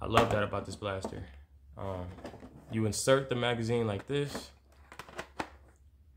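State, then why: Seated. A plastic magazine is inserted into the bottom magazine well of a gel blaster while someone talks. A few light clicks and rattles follow, and the magazine clicks into place at 5.4 s, seated so it won't fall out.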